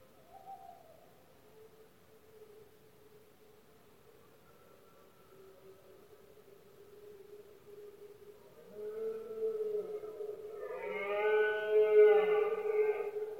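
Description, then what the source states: Red deer bellows: faint low moans at first, then two loud, rich roaring bellows with strong harmonics near the end, the second the loudest. Male stags bellowing during the rutting season, known locally as berrea or brama del ciervo, in Spain; calls most noticeable at night when surroundings are quiet.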